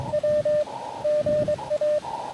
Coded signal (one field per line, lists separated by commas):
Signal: Morse code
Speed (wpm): 23 wpm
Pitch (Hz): 600 Hz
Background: radio noise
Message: W GA